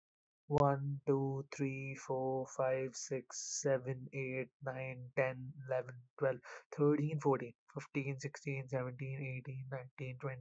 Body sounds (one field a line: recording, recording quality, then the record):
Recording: counting at a normal pace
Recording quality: excellent, no background noise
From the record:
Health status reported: COVID-19 positive, mild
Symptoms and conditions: cough, cold, sore throat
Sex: male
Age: 22 years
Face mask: not worn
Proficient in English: yes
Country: India